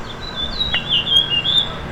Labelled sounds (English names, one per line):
House Finch song